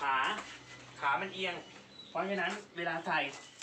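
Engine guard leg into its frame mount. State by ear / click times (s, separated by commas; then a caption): not seated / none. Someone talks while handling the angled leg of a metal motorcycle engine guard, which is meant to lock exactly into its frame mount when fitted. The clip ends just before the leg goes home, so nothing has seated or clicked yet.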